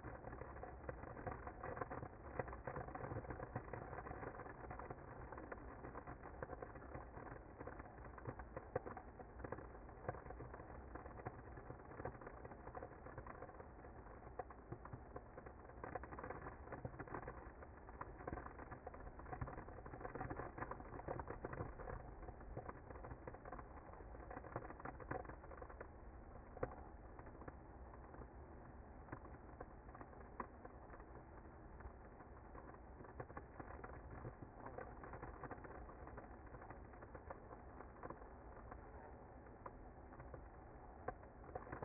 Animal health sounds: honeybee colony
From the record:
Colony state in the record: active

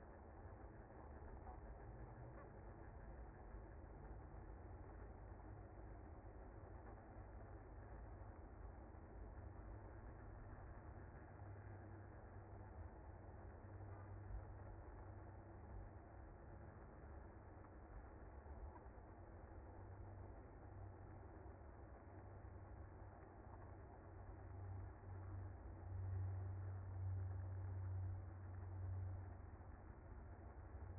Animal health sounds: honeybee colony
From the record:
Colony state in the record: active

